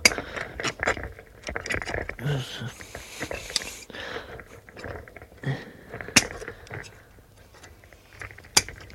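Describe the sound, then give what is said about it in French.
Rusted pliers snipping and working at a piece of wire mesh being shaped into a ball as a support, in a workshop: irregular sharp metallic clicks and rustling, with two louder crisp snaps toward the end, while soft voices murmur underneath. “Ah, merde, elle coupe plus cette pince, parce que...”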